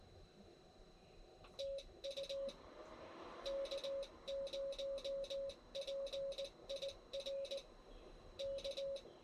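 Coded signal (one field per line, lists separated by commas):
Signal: Morse code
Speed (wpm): 19 wpm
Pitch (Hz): 550 Hz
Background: none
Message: TU K0PIR K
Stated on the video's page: Morse from a park activation at a Mammoth Cave National Park campground, using an Icom 7300 into an end-fed half-wave antenna about 25 feet up.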